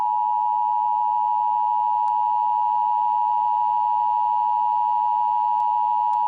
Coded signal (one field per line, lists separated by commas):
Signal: Emergency Alert System (SAME) tones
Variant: 853 and 960 Hz attention tone